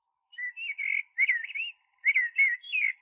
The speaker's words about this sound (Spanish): Un solitario mirlo que descansaba sobre un pino mediterráneo entonaba unas pocas notas que se perdían inmediatamente entre el zumbido de las cigarras.